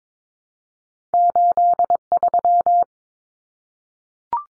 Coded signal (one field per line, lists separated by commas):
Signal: Morse code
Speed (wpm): 22 wpm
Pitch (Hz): 700 Hz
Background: none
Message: 83